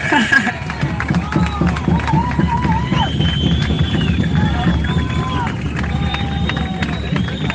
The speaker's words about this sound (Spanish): Y un aplauso, ¿no?